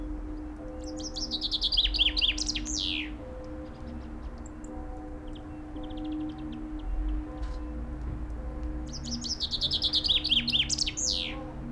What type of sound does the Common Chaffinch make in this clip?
song